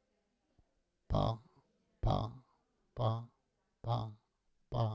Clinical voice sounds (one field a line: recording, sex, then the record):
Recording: repeated syllable /pa/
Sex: male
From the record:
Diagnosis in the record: Parkinson's disease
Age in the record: 68 years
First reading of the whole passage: 85 s, 6.1 characters per second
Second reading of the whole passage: 63 s, 8.2 characters per second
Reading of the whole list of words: 49 s, 5.8 characters per second